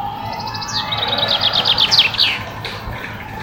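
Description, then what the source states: Common chaffinch song, a rattling descending trill closing with a flourish, over a steady low hum. Male.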